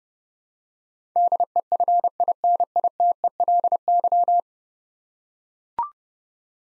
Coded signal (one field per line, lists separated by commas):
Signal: Morse code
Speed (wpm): 30 wpm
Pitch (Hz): 700 Hz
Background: none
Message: DEFINITELY